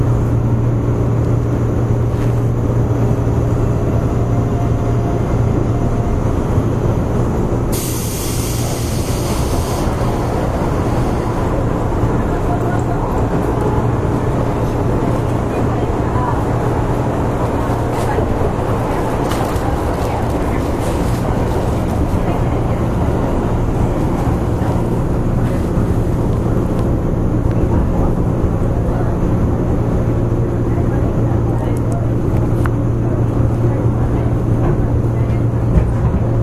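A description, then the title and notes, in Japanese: A ride aboard a Hanwa Line local train, a 103-series electric car, running between Ōtori and Tennōji. A steady low rumble and hum fill the whole recording, with a brief bright hiss around eight seconds and faint voices and rattles coming and going. 阪和線103系電車 鳳から天王寺まで。JR103系電車の走行音です。阪和線の普通列車にて収録しました。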